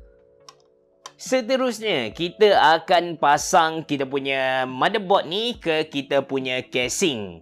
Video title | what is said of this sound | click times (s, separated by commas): Pasang PC Gaming RM2k,Spesifikasi Bajet Terbaik Tahun 2023! | dulu kita just masuk guys sahajat tekan Sampai bunyi kemak guys | 0.5 s, 1.1 s